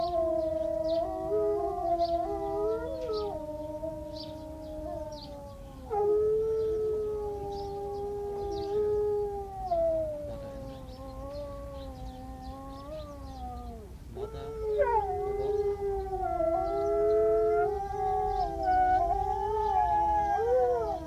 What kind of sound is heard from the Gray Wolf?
howling